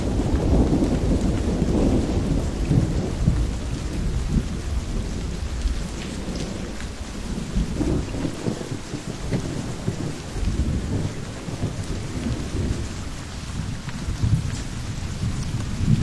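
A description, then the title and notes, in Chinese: Steady rain hisses throughout, with a deep rolling rumble, likely thunder, swelling low underneath and dense pattering on surfaces. 雨声助眠。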